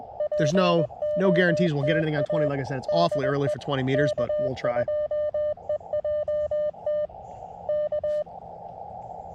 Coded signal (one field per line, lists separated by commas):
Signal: Morse code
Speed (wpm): 21 wpm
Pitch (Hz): 600 Hz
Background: speech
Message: POTA DE K2EJT K